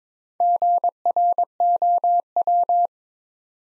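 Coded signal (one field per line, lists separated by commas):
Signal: Morse code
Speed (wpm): 22 wpm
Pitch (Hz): 700 Hz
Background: none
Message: GROW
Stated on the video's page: New-word Morse drill from the top 300 words at 22 wpm; each word sent in Morse, spoken, then sent again.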